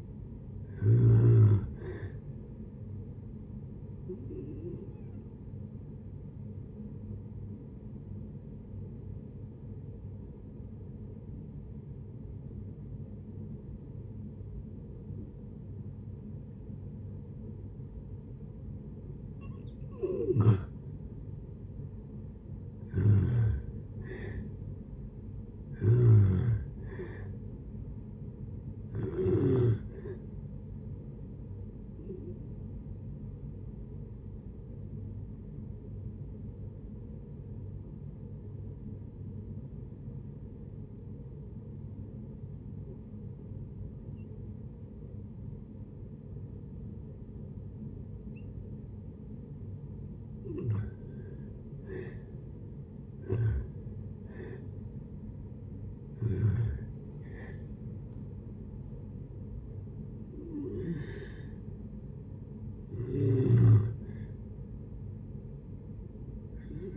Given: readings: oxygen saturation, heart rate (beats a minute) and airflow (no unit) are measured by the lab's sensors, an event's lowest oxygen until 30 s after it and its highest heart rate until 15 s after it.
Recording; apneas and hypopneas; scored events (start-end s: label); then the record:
breathing in sleep by a smartphone at the bedside; 2
4.00-21.80 s: hypopnea (N2, oxygen 96% highest, then 86% lowest, heart rate 75 at the start, 75 highest)
28.00-51.10 s: hypopnea (N2, oxygen 96% highest, then 83% lowest)
32.00-66.97 s: new sleep stage, N1 (lightest sleep)
From the record:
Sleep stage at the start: N2 (light sleep); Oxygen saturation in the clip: 83 to 96%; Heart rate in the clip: 60 to 75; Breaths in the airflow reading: 10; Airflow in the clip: -7.4 to 11.2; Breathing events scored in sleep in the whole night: 496 in 5.4 hours asleep